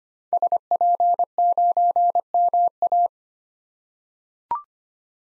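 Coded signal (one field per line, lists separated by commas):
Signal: Morse code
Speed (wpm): 25 wpm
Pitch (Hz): 700 Hz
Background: none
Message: SP9MA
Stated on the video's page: Morse code practice at 25 wpm of common SOTA activator call signs for head-copy, each sent, spoken, then sent again.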